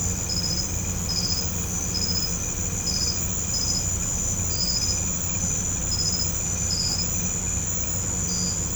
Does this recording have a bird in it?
no